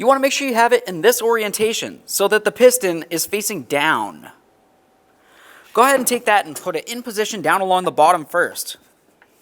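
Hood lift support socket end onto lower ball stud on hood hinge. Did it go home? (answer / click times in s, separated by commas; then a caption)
no / none. A gas hood lift support for a 2003-2011 Mercury Grand Marquis is held piston-facing-down and positioned with its lower socket end toward the bottom ball stud on the hood hinge. Someone talks throughout, with a pause in the middle and a faint short tap near the end. Nothing has seated or clicked yet.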